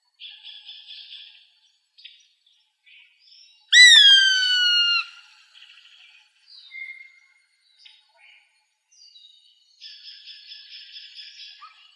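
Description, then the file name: Gray hawk giving one loud, clear whistled call with a slight downward slur, held over a second, amid faint buzzy trills and soft chips before and after. Recorded in Arizona on 7 August 2006. "AZFO GRHA 8 deviche"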